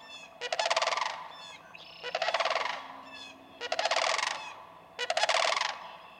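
Sandhill crane calling with several rolling, trilled rattles, some coming close together.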